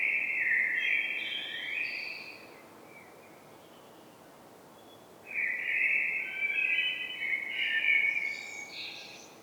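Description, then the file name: Common blackbird song: a melodious whistled phrase, a pause of about three seconds, then a longer warble with high chattering notes. "Turdus merula"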